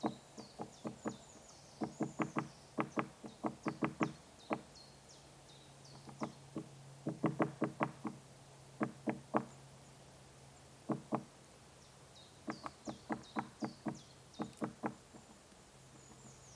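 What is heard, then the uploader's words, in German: A great spotted woodpecker pecks at a tree trunk, heard up close through the wood: sharp, hollow knocks come in quick clusters of three to five, with brief quiet stretches around five and ten seconds. A low steady hum runs underneath. Wie es klingt, wenn man das Mikrophon an einen Baumstamm hält, an dem ein Buntspecht klopft.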